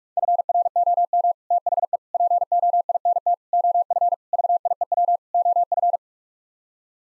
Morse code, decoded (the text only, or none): FROM THE POINT OF VIEW OF